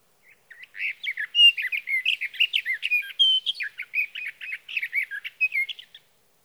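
Sage thrasher singing a sustained jumble of quick warbled notes, rising and falling phrases tumbling together for over five seconds with no other sounds.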